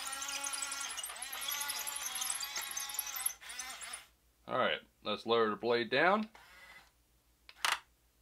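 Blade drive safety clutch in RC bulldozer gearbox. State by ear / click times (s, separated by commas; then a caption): torque reached / 7.5 s, 7.7 s. Someone talks while the blade of a plastic 1:24 Cat D7E RC bulldozer is lowered with a gear whine until it reaches its limit. The safety clutch in the blade drive gearbox then slips with sharp clicks at 7.5 s and 7.7 s, so the gears are not damaged.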